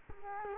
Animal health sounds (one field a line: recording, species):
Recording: mosquito wingbeat signal from an infrared sensor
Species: Culex quinquefasciatus